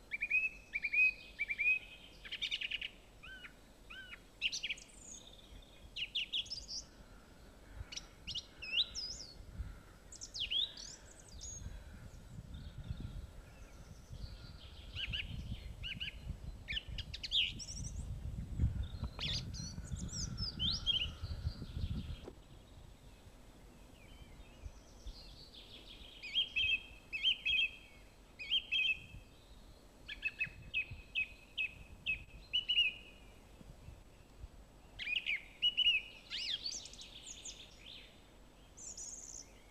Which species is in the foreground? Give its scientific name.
Turdus philomelos